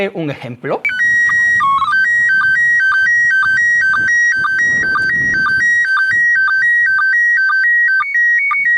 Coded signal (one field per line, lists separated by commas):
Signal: SSTV (slow-scan television)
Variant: PD 120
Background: speech